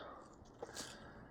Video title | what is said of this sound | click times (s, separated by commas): Mercedes E-Class Blind Spot Sensor Replacement W212 | You see we're latched in on that side. | 0.6 s